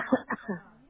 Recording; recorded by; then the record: voluntary cough; telephone call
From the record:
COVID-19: negative